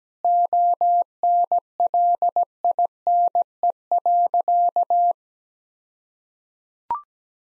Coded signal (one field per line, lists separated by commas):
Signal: Morse code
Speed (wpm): 17 wpm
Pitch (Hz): 700 Hz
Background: none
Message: ONLINE.